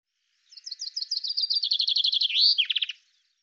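Common chaffinch song: a fast series of bright notes edging down the scale, then a short flourish and a few lower closing notes, all in one phrase of about two and a half seconds.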